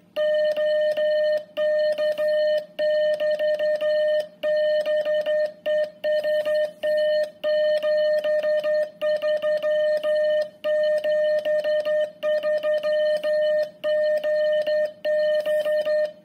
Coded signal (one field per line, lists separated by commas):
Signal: Morse code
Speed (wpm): 11 wpm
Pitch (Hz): 610 Hz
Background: music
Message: OK <BT> BEST 73 73 GB